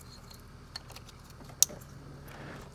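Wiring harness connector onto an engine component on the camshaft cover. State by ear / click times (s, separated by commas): seated / 1.6 s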